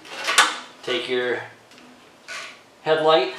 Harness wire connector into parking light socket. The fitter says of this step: with your brown connector and slide that into the parking light till it clicks